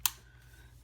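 A detachable game controller is slid off the plastic rail on the side of a handheld console. A single sharp, bright click is heard at 0.1 seconds as it comes free, followed by a low, steady background hum. The controller is released from the rail.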